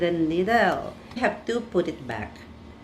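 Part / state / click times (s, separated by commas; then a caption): lancet needle into lancing device holder / not seated / none. A plastic lancet needle is being handled for insertion into the holder of a lancing device while someone talks. Nothing has seated or clicked yet.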